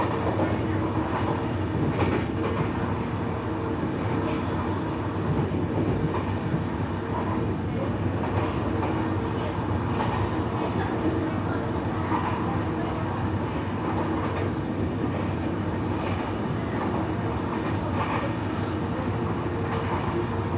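Rattling tracks during an evening train ride, with a steady low rumble and dense clatter filling all 21 seconds at an even level. Faint brighter clicks and squeaks surface now and then, around 2, 8 and 18 seconds, with no voices heard.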